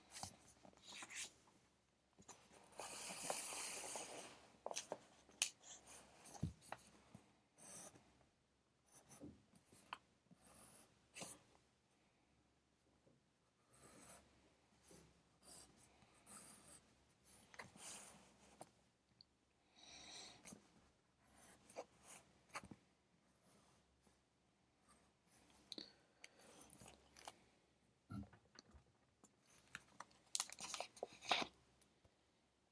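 A pencil scratches across paper in short, uneven bursts of writing, with brief pauses and occasional sharper taps. A soft, steady hiss runs underneath throughout, and a louder rustle of paper stands out near the three-second mark.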